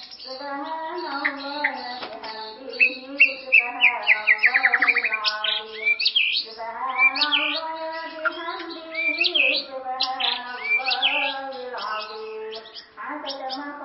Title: murai batu